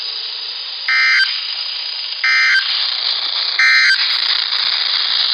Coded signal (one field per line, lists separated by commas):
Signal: Emergency Alert System (SAME) tones